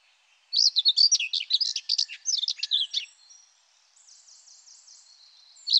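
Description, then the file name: Common whitethroat singing a brisk, scratchy warble lasting about two and a half seconds, followed by faint, quieter notes. "Fauvette grisette"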